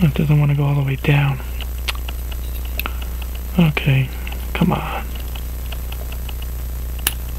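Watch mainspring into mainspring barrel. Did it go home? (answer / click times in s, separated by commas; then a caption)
yes / 7.1 s. A steel mainspring for a Hamilton 974 pocket watch is forced down into its brass mainspring barrel while someone talks, with small faint clicks and ticks of handling along the way. A sharp, loud snap at 7.1 s marks the spring seating in the barrel, though there is worry that something may have broken in the process.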